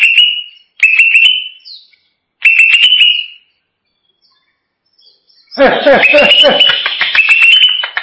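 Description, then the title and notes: Greater green leafbird song: three bright whistled phrases with clicks, a pause, then a dense, complex warble with broader harsh notes. Champion singing bird. "Kicau Burung Cucak Ijo Juara. Suara kicauan burung cucak ijo"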